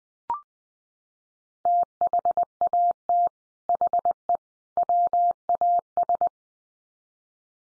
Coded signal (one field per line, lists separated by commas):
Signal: Morse code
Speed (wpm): 20 wpm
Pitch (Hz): 700 Hz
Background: none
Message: THAT HE WAS